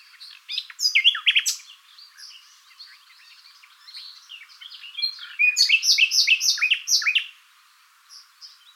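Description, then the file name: Common nightingale in rich song, with jumbled chirps and sharp notes building into a loud, rapid, stuttering burst before fading. "Luscinia megarhynchos"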